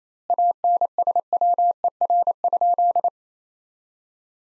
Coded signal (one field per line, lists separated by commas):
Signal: Morse code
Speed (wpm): 28 wpm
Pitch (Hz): 700 Hz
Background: none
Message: ANSWER?